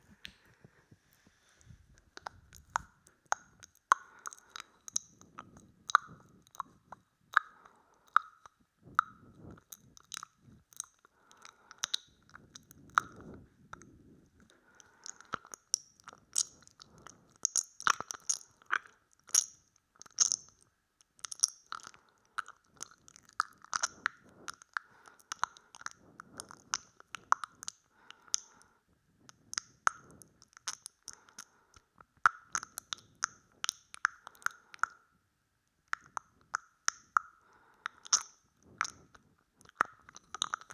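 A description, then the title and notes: Wet mouth sounds run for the whole forty seconds: dense, irregular clicks, smacks and small pops, like chewing or lips parting. The sharp snaps come in quick clusters with brief pauses, each with a bright, crisp edge, and soft low rumbles swell beneath them now and then. ASMR Pure Wet Mouth Sounds.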